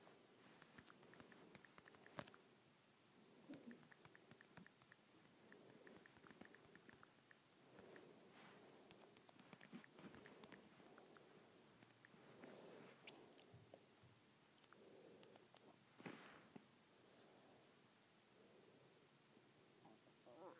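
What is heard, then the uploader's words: Fingers tap on an iPad screen in quick, uneven bursts of soft, dull clicks, with sharper, louder taps near two and sixteen seconds. A low, murmuring hiss and faint rustling continue underneath throughout. IPad Screen Tapping.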